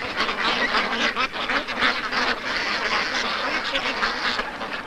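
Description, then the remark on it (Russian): A dense crowd of ducks at a poultry yard by the shore, crowding and jostling at a trough, quacks nonstop as they greedily eat warm flour mash. Their raspy calls overlap into a loud, steady chatter with no pauses and no human voices. “Утки, толпясь и толкаясь, жадно поедают еду.”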